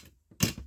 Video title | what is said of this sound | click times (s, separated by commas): Unboxing and Assembly of the Home Computer Leather Office Chair Model MP245 from Amazon | There you go. See, it snaps in. | 0.4 s